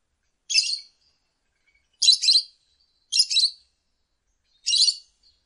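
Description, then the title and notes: Lovebird chirps: four sharp, chattering squeaky bursts separated by irregular pauses. Ngekek song style of a lovebird, used as a bait song (kicau pancingan) to prompt other lovebirds to sing. "Master Kicau Lovebird ngekek, kicau pancingan"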